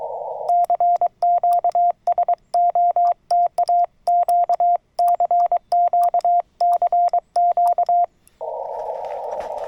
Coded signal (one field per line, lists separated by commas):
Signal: Morse code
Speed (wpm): 23 wpm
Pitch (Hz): 700 Hz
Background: radio noise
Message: CQ SOTA Q CQ CQ